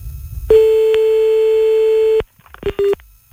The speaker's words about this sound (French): C'est quoi cette sonnerie à rallonge là?